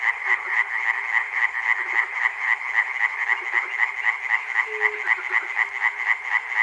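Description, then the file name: Frogs croaking in a steady, fast chorus of evenly spaced pulses, with a single brief low note near the end. Frogs recorded at Chernobyl. "peter cusack-chernobyl frogs"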